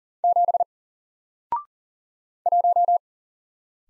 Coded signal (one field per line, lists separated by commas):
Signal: Morse code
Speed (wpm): 40 wpm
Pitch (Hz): 700 Hz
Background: none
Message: 7 1